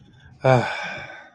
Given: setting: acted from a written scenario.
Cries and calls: vocal sound without words; pride

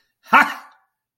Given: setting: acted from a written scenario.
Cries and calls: vocal sound without words; pride

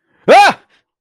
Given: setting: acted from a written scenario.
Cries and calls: vocal sound without words; negative surprise

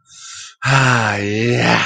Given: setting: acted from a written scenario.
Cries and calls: vocal sound without words; elation

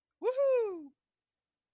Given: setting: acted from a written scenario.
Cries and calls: vocal sound without words; triumph

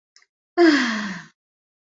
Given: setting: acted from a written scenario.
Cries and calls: vocal sound without words; romantic love

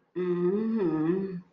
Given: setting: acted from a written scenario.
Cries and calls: vocal sound without words; sympathy

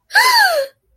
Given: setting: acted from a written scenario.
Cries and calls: vocal sound without words; positive surprise

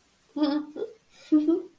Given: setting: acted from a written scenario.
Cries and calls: vocal sound without words; pride

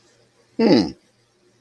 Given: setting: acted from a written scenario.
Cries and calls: vocal sound without words; adoration

